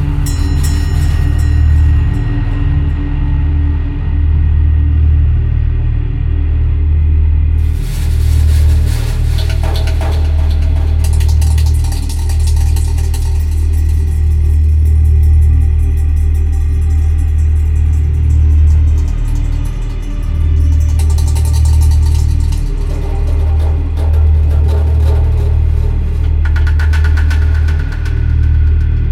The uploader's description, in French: Frottements d'une grosse caisse renversée, nappes synthétiques et spacialisation sonore.